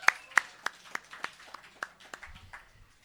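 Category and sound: crowd, audience applause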